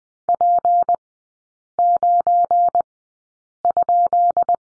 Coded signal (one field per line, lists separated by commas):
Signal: Morse code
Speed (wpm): 20 wpm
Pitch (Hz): 700 Hz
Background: none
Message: P9?